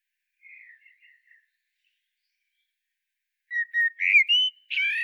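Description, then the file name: Common blackbird song: soft warbling first, then a loud fluty phrase of rich whistles ending in a thin, high, scratchy twitter. "Turdus merula"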